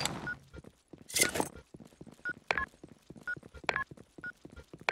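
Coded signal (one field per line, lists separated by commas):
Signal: none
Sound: game bomb beeps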